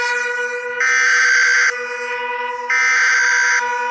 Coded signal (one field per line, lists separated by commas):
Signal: Emergency Alert System (SAME) tones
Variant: header bursts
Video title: EAS Scenario Hakleberry Rail Road Trains Out Of Control